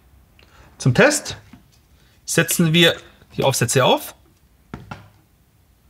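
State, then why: Seated. Plastic test adapters are pushed onto the contact surfaces of a corpuls1 defibrillator's two shock paddles before the function test. Someone talks, then two sharp clicks are heard at 4.7 s and 4.9 s, one for each paddle, as the adapters seat into place.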